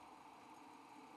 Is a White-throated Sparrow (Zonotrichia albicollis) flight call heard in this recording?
no